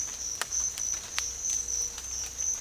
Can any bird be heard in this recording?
no